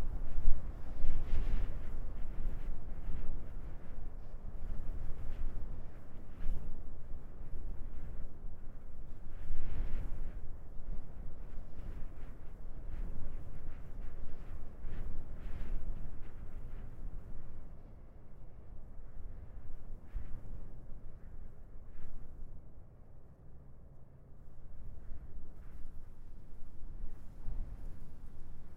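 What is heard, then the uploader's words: Wind blows across an open desert plateau, a low, steady rumble that buffets the microphone in gusts. Brief brighter bursts of rushing air come around 1, 6, 10 and 22 seconds, and the wind eases somewhat toward the end. Atacama Desert is a collection of stereo and quad soundscapes recorded in the barren but amazingly beautiful desert plateau of Western Chile.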